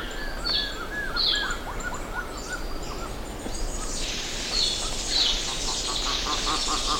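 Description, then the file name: Bird calls, a run of quick falling whistled notes, then a busy, noisy chorus of high chirps and rapid mid-pitched notes. "SABIOD 50 bird 2015"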